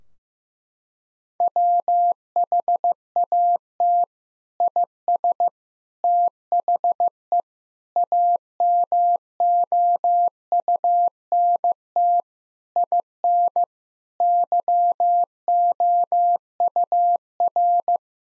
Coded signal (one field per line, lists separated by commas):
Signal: Morse code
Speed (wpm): 16 wpm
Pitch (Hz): 700 Hz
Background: none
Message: WHAT IS THE AMOUNT IN YOUR